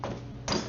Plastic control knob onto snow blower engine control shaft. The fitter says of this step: And then you should hear it click.